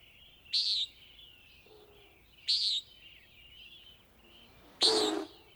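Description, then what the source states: Common nighthawk giving short buzzy nasal calls, three harsh bursts about two seconds apart, with faint thin chirps from other birds in between. Played as the show's mystery sound; a bird of dawn and dusk, not related to hawks.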